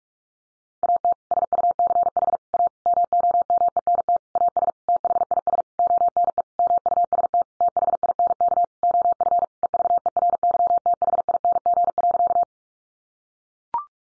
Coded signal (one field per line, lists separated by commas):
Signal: Morse code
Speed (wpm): 44 wpm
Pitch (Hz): 700 Hz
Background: none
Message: AT SUCH A MOMENT AS THIS ONE MUST THINK OF EVERYTHING.